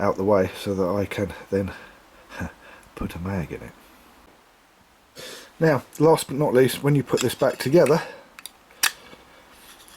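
Someone talks while reassembling an Accurate Boss Fury 400 fishing reel, fitting a part back onto its shaft on the reel body. Short metallic and plastic handling ticks come around 8.4–8.9 s and again near 9.9 s. Nothing has clicked into place yet: the part just turns freely and the holes have to be lined up by hand.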